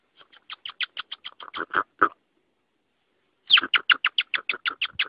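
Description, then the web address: Rock hyrax calls: two series of rhythmic chirping notes. The first builds in loudness and ends in coarser notes; after a short silence the second starts loud and fades. "aswat Wabbar 01"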